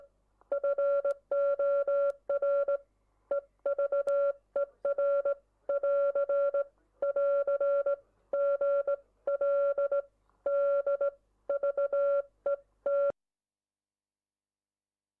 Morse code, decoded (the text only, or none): FOR EVER <AR> <AR> GLD VET